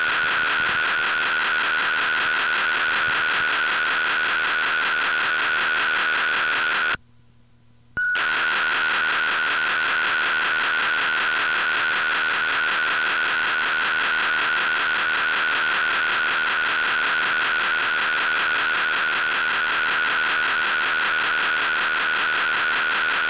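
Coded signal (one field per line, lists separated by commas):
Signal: computer data on cassette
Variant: Intellivision Keyboard Component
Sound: steady harsh hissing data noise with a constant mid-pitch whistle, one brief silent gap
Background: tape hiss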